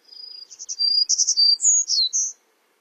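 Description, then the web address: Townsend's warbler song, one high thin phrase of buzzy notes ending in sharp slurred notes, lasting about two seconds, with nothing else heard. "Songs of Birds of North America Stokes. Townsends Warbler"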